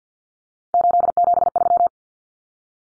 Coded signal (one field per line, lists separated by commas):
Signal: Morse code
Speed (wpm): 50 wpm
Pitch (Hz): 700 Hz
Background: none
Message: 873